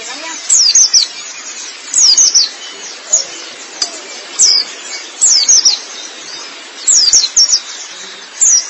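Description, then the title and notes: White-eye song: short bursts of very high, thin, quickly falling twittered notes, separated by pauses. Long-duration recording of the chirping song. "Kicauan Burung Pleci Durasi Panjang. Suara kicauan burung pleci"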